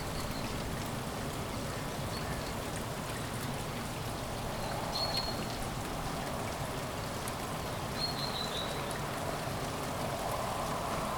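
Light rain falls steadily on city streets in Kuldiga, Latvia, a dense, even patter with a low rumble underneath. Faint chirps, likely birds, sound briefly around five and eight seconds, and scattered louder drops tick through the wash.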